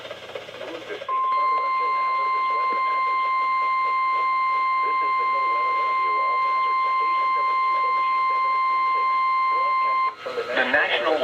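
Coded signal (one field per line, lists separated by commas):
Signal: Emergency Alert System (SAME) tones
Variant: 1050 Hz attention tone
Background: speech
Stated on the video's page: Special marine and severe thunderstorm warnings from NOAA weather radio stations, received on a new radio.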